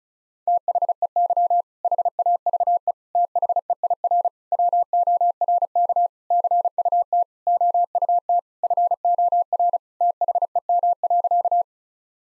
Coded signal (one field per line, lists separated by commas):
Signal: Morse code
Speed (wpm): 34 wpm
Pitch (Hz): 700 Hz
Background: none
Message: THEY HAVE THEIR WORK CUT OUT FOR THEM.